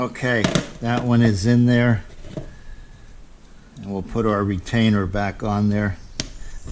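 During a Yamaha outboard motor water pump replacement, a metal retainer clip is put back onto the water pump assembly while someone talks. The clip snaps into place with one sharp click at 6.2 s and is seated.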